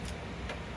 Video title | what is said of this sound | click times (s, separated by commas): finally another gaming PC budget build | you heard the clicks | 0.5 s